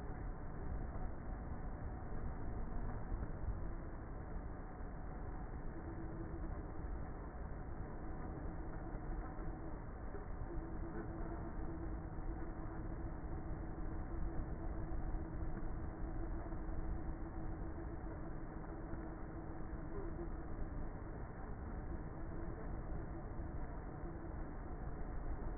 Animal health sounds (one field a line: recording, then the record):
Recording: honeybee colony, microphone inside the hive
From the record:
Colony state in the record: queenless with a low population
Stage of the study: before two queens were removed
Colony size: about 30,000 bees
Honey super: no